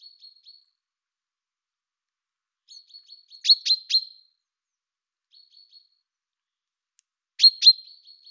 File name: Fringilla coelebs